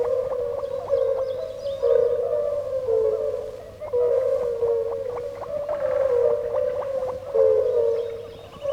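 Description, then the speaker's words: European fire-bellied toads in chorus, overlapping soft mellow 'uk' hoots repeated steadily. Several calling 'uk' nonstop in pools left after the flood. "Рядом, в оставшихся после разлива бочагах, не переставая, укают краснобрюхие лягушки, жерлянки."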